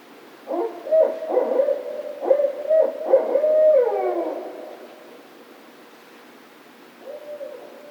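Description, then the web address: Barred owl giving a run of rhythmic hoots that ends in a long, falling, drawn-out note, followed by quiet and one soft hoot near the end. Recorded 16 March 2010. "Barred Owl 2010 03 16 Barred Owl"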